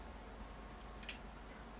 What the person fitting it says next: in there it snaps right into place